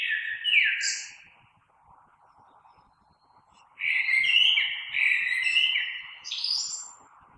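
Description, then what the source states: Common blackbird: a short fluted phrase, then a pause, then a longer warbling phrase that climbs into scratchy high notes. Recorded 3 March 2020.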